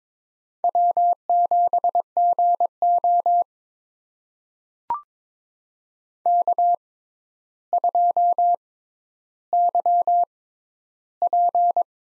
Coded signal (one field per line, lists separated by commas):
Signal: Morse code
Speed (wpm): 22 wpm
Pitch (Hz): 700 Hz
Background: none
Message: W7GO K2YP